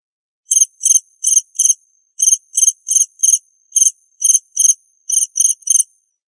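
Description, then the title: Cricket chirping, a series of bright high pulses in groups of three to four on a silent background. "suara Hujan Guntur Suara Jangkrik Dan Burung"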